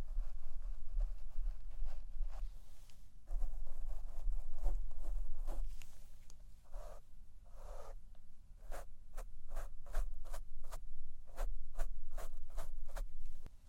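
Microphone brushing gives rough, uneven rustles for the first eight seconds, then sharp, fairly regular taps follow over a steady low hum.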